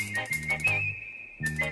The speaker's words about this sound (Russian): Бесенок и заяц готовятся к стартовой позиции. Балда свистит.